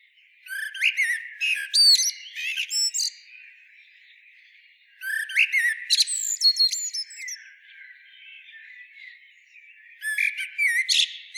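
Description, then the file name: Common blackbird song: three short bursts of whistled notes ending in high, scratchy twitters, separated by pauses of a few seconds, with faint background hiss. "Turdus merula"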